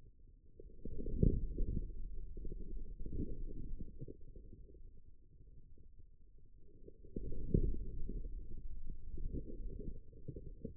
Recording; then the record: forearm muscle sounds (acoustic myography)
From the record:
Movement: outward rotation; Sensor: system 2, bracelet of six BSWA MPA416 microphones around the upper forearm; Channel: 6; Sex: male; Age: 22 years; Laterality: right